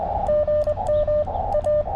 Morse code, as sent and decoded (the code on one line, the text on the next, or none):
--. -- / .-
GM A